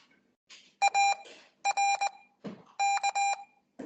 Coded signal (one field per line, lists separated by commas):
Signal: Morse code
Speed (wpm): 20 wpm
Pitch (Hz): 800 Hz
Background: none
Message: AR K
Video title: The seventh COOL CW Practice aired on the 10th Oct 2024